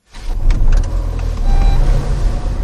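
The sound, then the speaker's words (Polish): A lone car drives by on a street that normally has heavy traffic, its low engine hum and tire rumble swelling and staying steady for a few seconds, with no voices and no other traffic. “Ale zobacz, jeden samochód na tej ulicy, gdzie normalnie jest intensywny ruch.”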